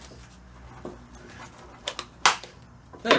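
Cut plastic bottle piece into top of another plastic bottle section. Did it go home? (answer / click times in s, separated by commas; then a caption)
yes / 2.3 s. A cut plastic bottle piece that does not fit well is pushed onto the top of another plastic bottle section, with small plastic crinkles and taps at about 1.9 and 2.0 seconds. A sharp snap at 2.3 seconds marks the piece seating in place, followed by another loud plastic crackle near 3.1 seconds.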